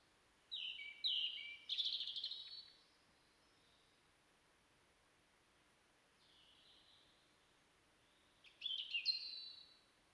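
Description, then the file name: European robin song: a tumbling series of high, thin warbled notes, a long pause with a faint phrase, then another bright twittering burst. "Erithacus rubecula"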